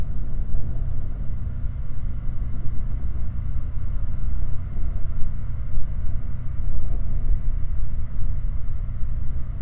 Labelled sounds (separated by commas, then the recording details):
machinery, flare stack
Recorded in the Prudhoe Bay oil fields, Alaska, on 19 July 2019 at 06:19
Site 29